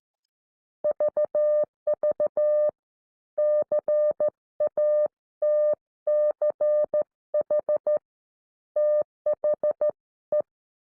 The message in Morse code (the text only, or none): VV CATCH THE